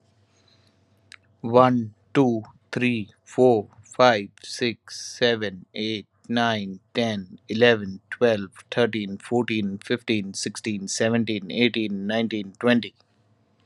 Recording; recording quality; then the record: counting at a normal pace; excellent, no background noise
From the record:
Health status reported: healthy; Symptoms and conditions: diabetes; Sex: male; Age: 36 years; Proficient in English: yes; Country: India